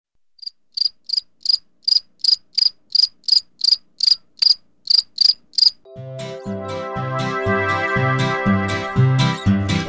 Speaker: что стрекочет ранним утром на тропиночке лесной